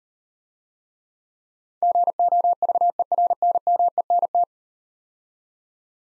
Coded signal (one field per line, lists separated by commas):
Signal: Morse code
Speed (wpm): 37 wpm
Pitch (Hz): 700 Hz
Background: none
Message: GOVERNMENT